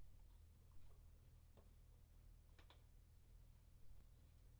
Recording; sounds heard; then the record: poultry house recording; healthy chickens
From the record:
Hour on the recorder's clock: 21